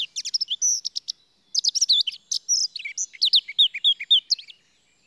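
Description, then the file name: Eurasian blackcap song, a lively jumble of high whistles and fluty slurs, a brief break, then a longer flowing warble ending in clear notes. "Sylvia atricapilla"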